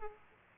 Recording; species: mosquito wingbeat signal from an infrared sensor; Aedes aegypti